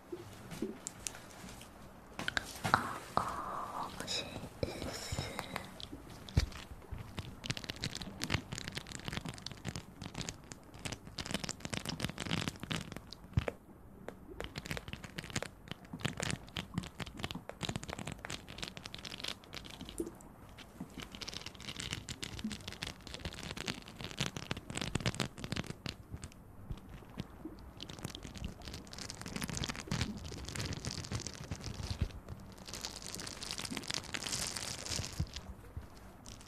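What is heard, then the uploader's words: Mouth sounds and breathing, a dense stream of wet clicks, smacks and crackles running without pause through the whole clip. Short bright hissing breaths surface around 3, 25 and 33 seconds, while the overall level stays fairly even and busy. Mouth Sounds & Breathing.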